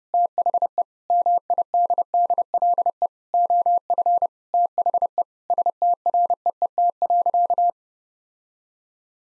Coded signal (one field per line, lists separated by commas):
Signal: Morse code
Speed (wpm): 30 wpm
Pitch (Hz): 700 Hz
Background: none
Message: THE MIDDLE OF THE STREET.